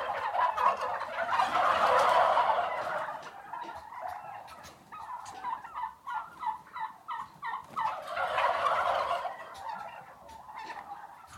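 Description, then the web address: Turkeys gobbling: dense rattling chorus swells, then a run of quick, evenly spaced gobble pulses, followed by another full overlapping burst that tapers away. Six-month-old turkeys, mostly stags (males), startled, recorded indoors. "turkeys interior six month old turkeys mostly stags males startled"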